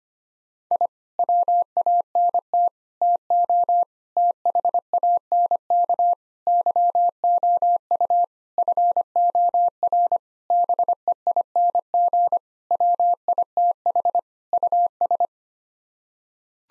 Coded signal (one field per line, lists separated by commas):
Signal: Morse code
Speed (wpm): 25 wpm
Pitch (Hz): 700 Hz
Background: none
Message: I WANT TO THANK YOU FOR BEING WITH US